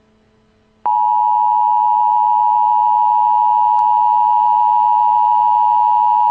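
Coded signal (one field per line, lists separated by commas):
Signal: Emergency Alert System (SAME) tones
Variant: 853 and 960 Hz attention tone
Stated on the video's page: Real tornado and flash flood EAS warnings.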